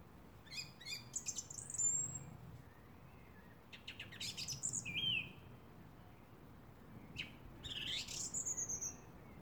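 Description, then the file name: Song thrush song made of scattered bursts of clicking, scratchy notes and a few clear whistles, separated by pauses, with low background noise throughout. "Drozd pevchij - Zvuki pevchego drozda"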